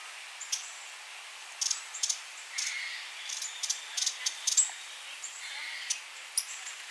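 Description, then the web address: Broad-billed hummingbird calls: dry, sharp high ticks, some in quick pairs and short clusters through the middle, over a steady hiss of background noise. "animal-sound broad-billed-hummingbird-sound"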